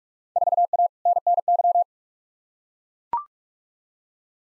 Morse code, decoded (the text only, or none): 4A NNY